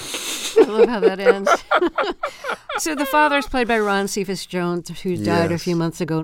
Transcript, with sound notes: I love how that ends.
(Laughter).
So the father is played by Ron Cephas Jones, who died a few months ago.